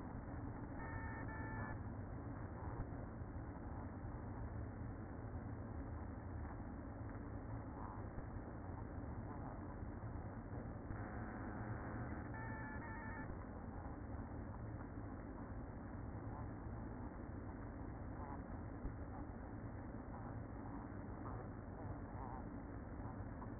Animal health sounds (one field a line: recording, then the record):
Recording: honeybee colony, microphone inside the hive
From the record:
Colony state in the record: queen present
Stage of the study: after two queens were removed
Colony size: about 60,000 bees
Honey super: yes